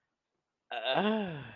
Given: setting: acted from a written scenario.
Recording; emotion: vocal sound without words; ecstasy